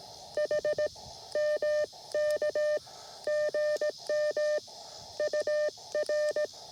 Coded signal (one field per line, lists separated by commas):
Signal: Morse code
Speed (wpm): 17 wpm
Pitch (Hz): 600 Hz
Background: none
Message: H MK GM UR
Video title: 🏞️ QRP CW POTA Activation at Hagerman NWR | Elecraft K2 + Packtenna EFHW QRP